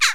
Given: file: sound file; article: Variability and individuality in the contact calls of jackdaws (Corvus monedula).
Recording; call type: jackdaw call; harmonic